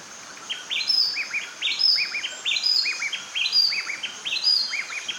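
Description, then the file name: Bay wren song of loud, liquid whistled phrases, swooping notes tumbling in quick repeated groups about once per second, with light background hiss. "Bay Wren Cantorchilus nigricapillus"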